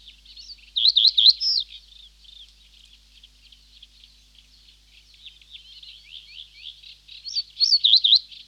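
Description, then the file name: Reed bunting song: high, wavering phrases of quick slurred notes at the start and near the end, with faint, soft twittering filling the gap between. "Reed Bunting (Emberiza schoeniclus)"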